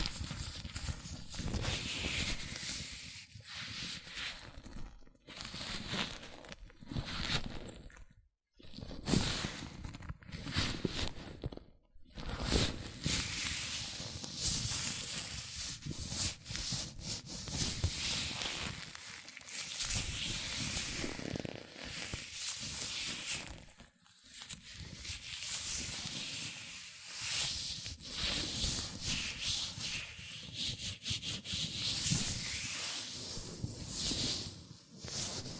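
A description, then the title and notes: Hands in latex gloves rub and squeak continuously, a dense scratchy friction broken by brief silent gaps near 5, 8, 12 and 24 seconds. ASMR Latex Gloves Hand Sounds (No Talking).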